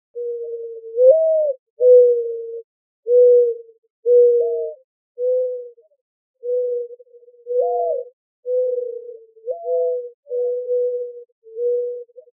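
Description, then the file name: Mourning dove giving a steady series of low mellow coos, a few notes lifting briefly in pitch before settling. Arizona, 28 April 2004. "AZFO MODO 4 deviche"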